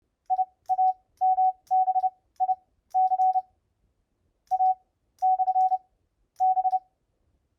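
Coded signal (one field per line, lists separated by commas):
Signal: Morse code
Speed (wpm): 30 wpm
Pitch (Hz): 750 Hz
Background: none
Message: IAMBIC A / B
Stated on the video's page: Iambic mode A versus B paddle squeeze keying demonstration.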